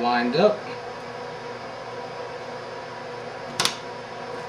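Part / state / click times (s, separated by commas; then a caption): RAM module into motherboard memory slot A2 / seated / 3.6 s. A second RAM module is lined up and pushed into memory slot A2 on a motherboard until its retention clips latch. Someone talks at the start over a steady background hum, then sharp clicks at 3.6 and 3.7 seconds confirm the module is seated.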